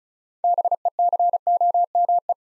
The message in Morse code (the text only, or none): BECOME